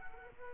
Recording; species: mosquito wingbeat signal from an infrared sensor; Aedes aegypti